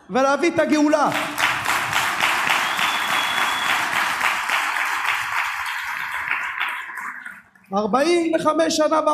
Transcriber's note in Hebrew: הקהל מוחא כפים